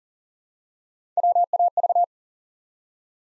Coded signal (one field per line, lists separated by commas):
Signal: Morse code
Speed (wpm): 40 wpm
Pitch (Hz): 700 Hz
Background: none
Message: WAV